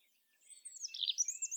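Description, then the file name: European robin song, a single brief phrase of high, jumbled silvery notes rising out of near silence. "Erithacus rubecula"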